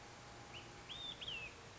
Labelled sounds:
Olive-sided Flycatcher (Contopus cooperi)
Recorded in Sonoma County, California

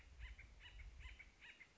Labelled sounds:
Acorn Woodpecker (Melanerpes formicivorus)
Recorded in Sonoma County, California

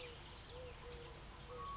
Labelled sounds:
Eurasian Collared Dove (Streptopelia decaocto)
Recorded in Sonoma County, California

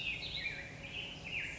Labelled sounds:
Black-headed Grosbeak (Pheucticus melanocephalus)
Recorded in Sonoma County, California

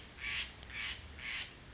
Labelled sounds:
Steller's Jay (Cyanocitta stelleri)
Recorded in Sonoma County, California

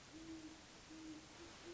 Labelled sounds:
Great Horned Owl (Bubo virginianus)
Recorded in Sonoma County, California

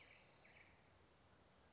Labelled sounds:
Spotted Towhee (Pipilo maculatus)
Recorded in Sonoma County, California

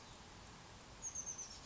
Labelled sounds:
Oak Titmouse (Baeolophus inornatus)
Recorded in Sonoma County, California

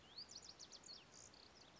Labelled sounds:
Bewick's Wren (Thryomanes bewickii)
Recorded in Sonoma County, California

